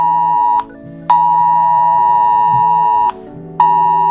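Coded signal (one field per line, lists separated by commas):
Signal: Emergency Alert System (SAME) tones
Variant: 853 and 960 Hz attention tone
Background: music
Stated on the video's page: Concept EAS alert, a simulated scenario.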